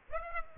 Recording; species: mosquito wingbeat signal from an infrared sensor; Aedes aegypti